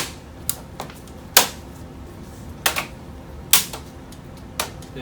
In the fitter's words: just push this back together make sure that all the clips snap into place